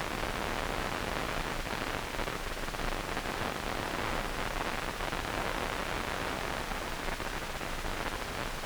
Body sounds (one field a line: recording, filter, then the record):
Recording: brain microelectrode recording played as sound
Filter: wide band, above 20 Hz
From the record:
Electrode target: subthalamic nucleus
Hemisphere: right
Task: reaching with the left hand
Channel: 2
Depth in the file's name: 1.506 mm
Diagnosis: Parkinson's disease